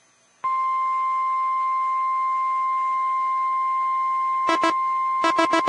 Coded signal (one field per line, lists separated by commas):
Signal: Emergency Alert System (SAME) tones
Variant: 1050 Hz attention tone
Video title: EAS Tornado Warning Downtown Chicago NOAA Weather Radio +WeatherSTAR4000